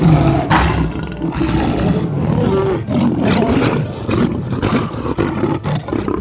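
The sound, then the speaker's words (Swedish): An African lion roars loudly in the lion valley of the safari park at Kolmården, Sweden, a deep, rumbling bellow that swells in repeated throaty bursts over several seconds, with no voices alongside it. “Här i Lejonens dal ska du få möta de afrikanska lejonen.”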